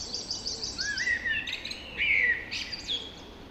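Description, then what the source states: Birdsong from several birds, a rapid repeated high twitter over longer whistled phrases that rise and fall. Dawn chorus recorded just after dawn in the Forest of Dean.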